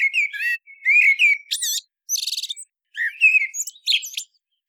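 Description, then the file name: Common blackbird song: mellow fluted warbles near the low end, with high squeaky twittering, a rapid buzzy trill midway, phrases separated by short pauses. "Turdus merula"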